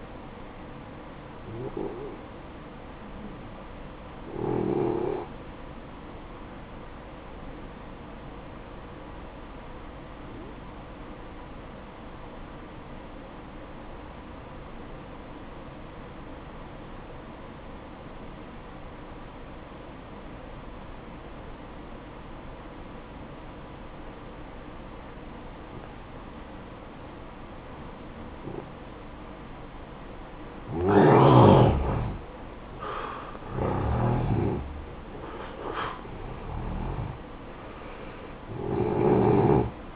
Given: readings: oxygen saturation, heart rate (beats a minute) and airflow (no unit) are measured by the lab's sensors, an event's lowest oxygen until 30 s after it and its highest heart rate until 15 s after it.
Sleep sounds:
breathing in sleep by a voice recorder at the bedside; 1
8.00-28.90 s: obstructive apnea (N1, oxygen 94% highest, then 88% lowest, heart rate 60 at the start, 66 highest)
From the record:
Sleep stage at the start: N1 (lightest sleep); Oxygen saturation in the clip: 85 to 94%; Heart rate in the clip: 55 to 66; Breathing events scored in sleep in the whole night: 573 in 9.8 hours asleep

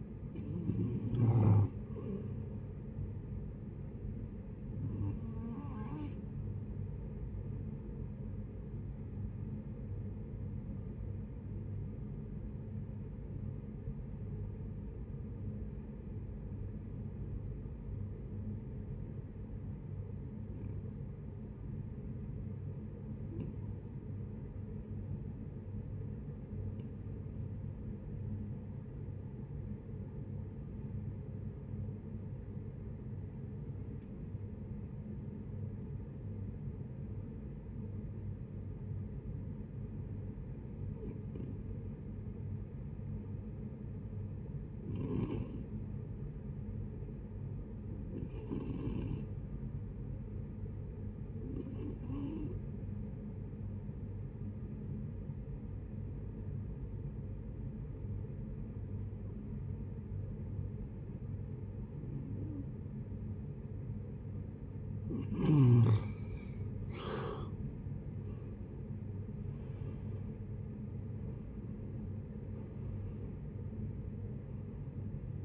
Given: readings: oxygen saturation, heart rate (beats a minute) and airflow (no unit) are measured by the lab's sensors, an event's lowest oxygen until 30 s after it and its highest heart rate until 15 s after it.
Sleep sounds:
breathing in sleep by a smartphone at the bedside; 1
7.00-66.50 s: hypopnea (REM, oxygen 92% highest, then 58% lowest)
56.00-75.45 s: new sleep stage, N1 (lightest sleep)
From the record:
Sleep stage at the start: REM sleep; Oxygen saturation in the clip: 62 to 92%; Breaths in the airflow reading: 13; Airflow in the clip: -16.9 to 17.8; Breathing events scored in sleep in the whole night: 496 in 5.4 hours asleep

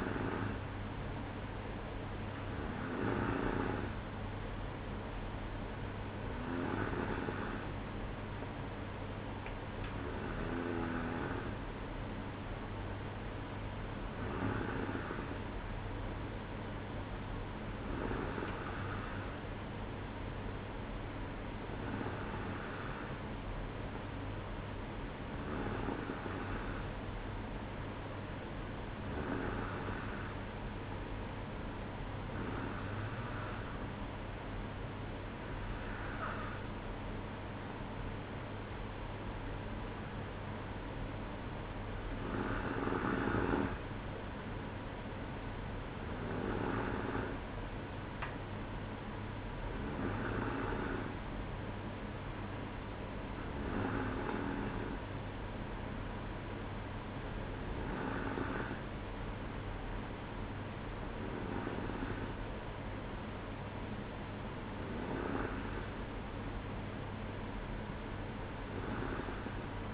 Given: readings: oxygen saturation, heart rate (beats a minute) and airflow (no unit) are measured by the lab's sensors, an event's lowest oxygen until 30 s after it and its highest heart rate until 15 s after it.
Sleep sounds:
breathing in sleep by a voice recorder at the bedside; none
none scored
From the record:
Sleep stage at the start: N2 (light sleep); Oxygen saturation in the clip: 93 to 94%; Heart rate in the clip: 59 to 65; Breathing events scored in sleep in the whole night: 305 in 9.6 hours asleep

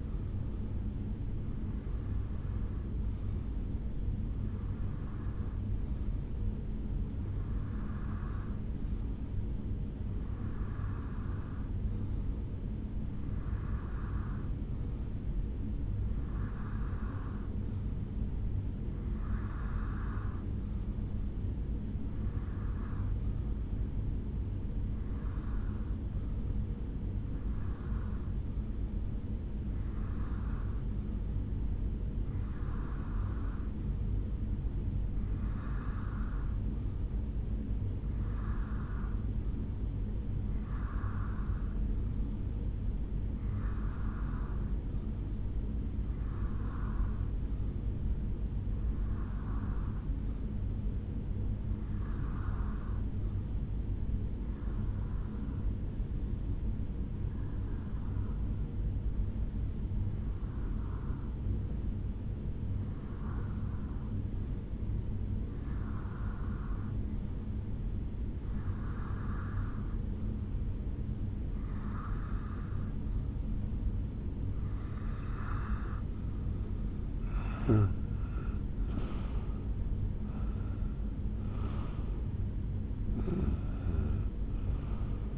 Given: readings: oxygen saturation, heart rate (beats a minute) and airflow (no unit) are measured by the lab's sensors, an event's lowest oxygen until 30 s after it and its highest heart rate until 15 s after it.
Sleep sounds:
breathing in sleep by a smartphone at the bedside; 1
6.00-85.38 s: new sleep stage, REM sleep
14.00-78.50 s: hypopnea (REM, oxygen 90% highest, then 85% lowest, heart rate 67 at the start, 76 highest)
From the record:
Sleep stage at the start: N1 (lightest sleep); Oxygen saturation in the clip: 85 to 91%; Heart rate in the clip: 65 to 76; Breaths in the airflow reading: 27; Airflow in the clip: -8.6 to 6.0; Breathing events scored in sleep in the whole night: 449 in 7.0 hours asleep

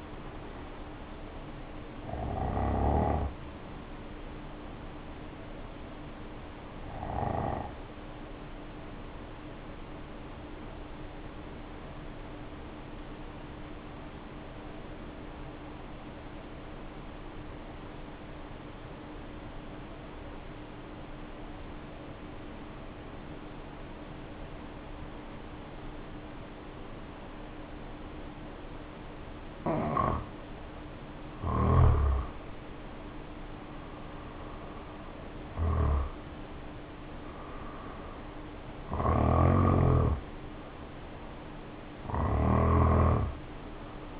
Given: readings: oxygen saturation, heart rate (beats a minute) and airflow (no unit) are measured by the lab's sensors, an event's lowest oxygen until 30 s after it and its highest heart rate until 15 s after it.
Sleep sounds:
breathing in sleep by a voice recorder at the bedside; 1
4.00-36.00 s: hypopnea (N1, oxygen 96% highest, then 79% lowest, heart rate 53 at the start, 63 highest)
From the record:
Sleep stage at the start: N1 (lightest sleep); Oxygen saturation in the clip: 80 to 96%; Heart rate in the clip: 49 to 63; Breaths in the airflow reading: 11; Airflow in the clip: -1.6 to 2.1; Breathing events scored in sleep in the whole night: 520 in 7.2 hours asleep

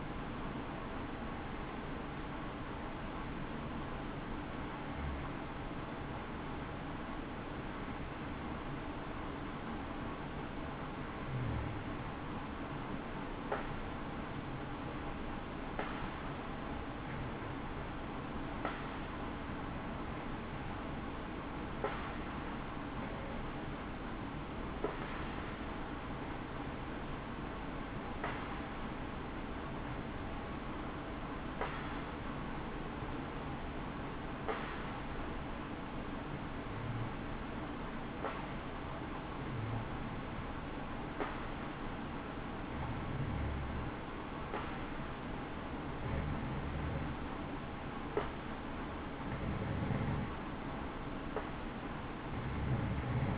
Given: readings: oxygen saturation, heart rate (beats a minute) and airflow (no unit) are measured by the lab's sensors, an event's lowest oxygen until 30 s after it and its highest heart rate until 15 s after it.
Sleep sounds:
breathing in sleep by a voice recorder at the bedside; 1
6.00-47.70 s: hypopnea (N2, oxygen 94% highest, then 91% lowest, heart rate 63 at the start, 68 highest)
From the record:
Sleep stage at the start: N2 (light sleep); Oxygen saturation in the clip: 92 to 94%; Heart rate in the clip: 62 to 68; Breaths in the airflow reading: 17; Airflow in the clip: -5.5 to 5.1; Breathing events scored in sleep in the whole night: 216 in 7.0 hours asleep

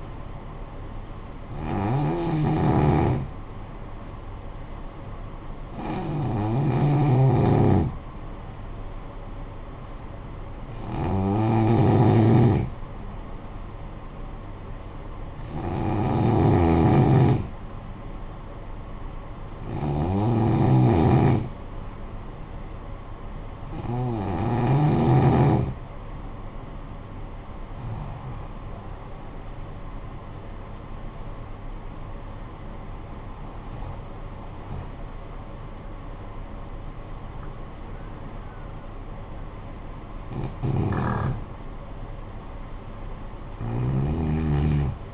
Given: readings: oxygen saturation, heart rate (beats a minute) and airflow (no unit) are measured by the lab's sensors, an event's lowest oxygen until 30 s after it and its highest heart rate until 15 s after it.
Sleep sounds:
breathing in sleep by a smartphone at the bedside; 1
6.00-27.10 s: hypopnea (N2, oxygen 92% highest, then 92% lowest, heart rate 56 at the start, 69 highest)
From the record:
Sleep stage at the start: N2 (light sleep); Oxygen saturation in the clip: 90 to 93%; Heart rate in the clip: 52 to 69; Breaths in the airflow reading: 10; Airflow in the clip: -9.9 to 10.6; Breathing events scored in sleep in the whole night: 445 in 7.6 hours asleep

